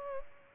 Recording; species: mosquito wingbeat signal from an infrared sensor; Culex pipiens